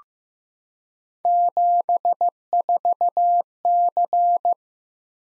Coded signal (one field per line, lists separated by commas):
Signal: Morse code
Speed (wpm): 15 wpm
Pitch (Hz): 700 Hz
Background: none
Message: 74C